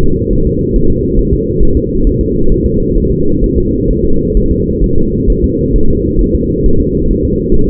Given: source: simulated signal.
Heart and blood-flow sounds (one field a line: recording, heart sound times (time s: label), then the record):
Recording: fetal heart sounds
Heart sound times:
0.04 s: S2
0.33 s: S1
0.47 s: S2
0.76 s: S1
0.90 s: S2
1.19 s: S1
1.33 s: S2
1.63 s: S1
1.77 s: S2
2.07 s: S1
2.21 s: S2
2.52 s: S1
2.66 s: S2
2.98 s: S1
3.12 s: S2
3.44 s: S1
3.58 s: S2
3.91 s: S1
4.05 s: S2
4.37 s: S1
4.51 s: S2
4.84 s: S1
4.98 s: S2
5.30 s: S1
5.44 s: S2
5.76 s: S1
5.90 s: S2
6.21 s: S1
6.35 s: S2
6.66 s: S1
6.80 s: S2
7.11 s: S1
7.25 s: S2
7.55 s: S1
7.69 s: S2
From the record:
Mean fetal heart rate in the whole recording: 135 bpm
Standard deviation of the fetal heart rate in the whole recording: 3 bpm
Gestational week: 36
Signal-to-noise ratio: -17.7 dB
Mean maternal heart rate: 72 bpm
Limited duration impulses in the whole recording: present